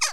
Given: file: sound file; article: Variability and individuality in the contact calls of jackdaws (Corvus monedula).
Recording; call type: jackdaw call; harmonic